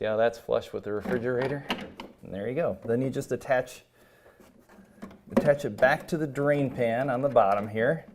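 A plastic P-trap is handled at the bottom of a refrigerator as it is brought back toward the drain pan outlet. Someone talks throughout, with a brief pause broken by a short, sharp handling knock near 5.4 s. The clip ends before the trap snaps onto the drain pan, so nothing has seated yet.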